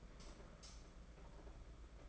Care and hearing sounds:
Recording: daily activity, microphone in the room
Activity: light off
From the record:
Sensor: 5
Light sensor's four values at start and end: 8/21/8/9 and 8/19/7/8

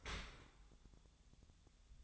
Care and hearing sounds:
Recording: daily activity, microphone in the room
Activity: open dishwasher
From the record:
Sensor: 3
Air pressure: 1004.6 hPa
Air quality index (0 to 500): 108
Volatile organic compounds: 4 ppm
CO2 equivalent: 1703 ppm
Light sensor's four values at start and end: 7/17/7/6 and 7/17/7/6

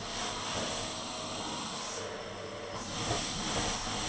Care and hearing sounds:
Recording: daily activity, microphone in the room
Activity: vacuum cleaning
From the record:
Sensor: 4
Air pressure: 1011.1 hPa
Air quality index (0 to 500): 150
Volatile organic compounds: 3 ppm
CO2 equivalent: 1532 ppm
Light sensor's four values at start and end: 85/227/95/99 and 85/227/95/100

